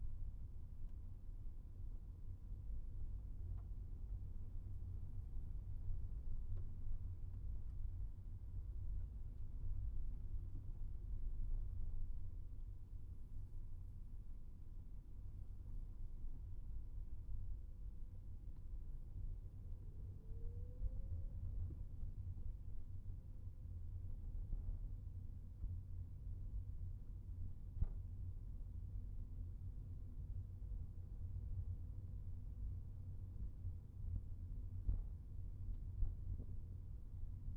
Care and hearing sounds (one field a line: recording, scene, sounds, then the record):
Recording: everyday scene through a hearing-aid microphone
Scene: in a vehicle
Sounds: engine, rumble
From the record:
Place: Skoda Fabia, gasoline engine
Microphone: behind the ear, right, front